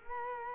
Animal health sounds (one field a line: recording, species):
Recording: mosquito wingbeat signal from an infrared sensor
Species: Culex quinquefasciatus